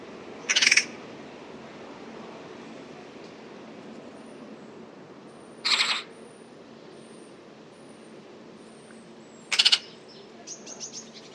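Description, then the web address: Bird calls: three short, harsh pulsed bursts several seconds apart, with faint thin high notes trailing after, against constant hiss. Call written as 'pi pi pi pi'. "cianscape birddata Deverinetal"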